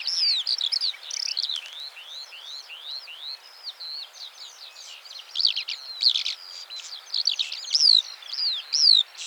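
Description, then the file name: Eurasian skylark song, a lively flow of high rising and falling whistled notes mixed with sharp chirps, louder bursts toward the end. "Eurasian Skylark Alauda arvensis"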